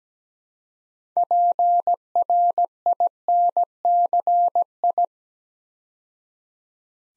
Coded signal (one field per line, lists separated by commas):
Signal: Morse code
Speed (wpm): 17 wpm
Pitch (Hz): 700 Hz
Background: none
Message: PRINCI